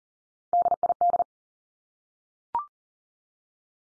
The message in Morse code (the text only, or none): DID